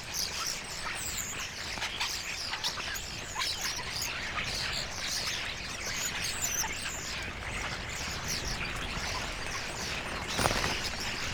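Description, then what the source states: Common starling: steady flock chatter of common starlings, a mix of squeaky notes, clicks and whistles, with a brief low thump near the end. A flock of starlings; recording by Fred Jüssi.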